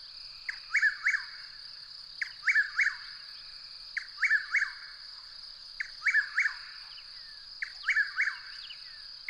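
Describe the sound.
Bird delivering brief triplets of sharp, falling chirps about every two seconds, accompanied by a persistent high-pitched hum.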